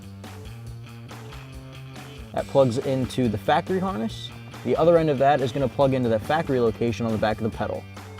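A throttle controller wiring harness for a 2011–2019 Dodge Challenger is handled while someone talks over background music. The harness plugs into the factory harness, and its connector is about to go into the factory socket on the back of the accelerator pedal. Nothing has seated or clicked yet.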